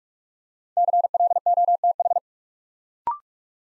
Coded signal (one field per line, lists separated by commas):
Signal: Morse code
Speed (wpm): 44 wpm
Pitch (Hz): 700 Hz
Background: none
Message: CLOTH